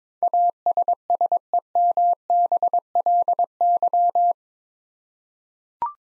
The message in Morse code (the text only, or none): ASSEMBLY